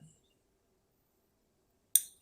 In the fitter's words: and you'll hear a click.